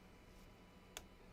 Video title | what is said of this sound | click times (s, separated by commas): CR-10 Build | nice little click there that | 1.0 s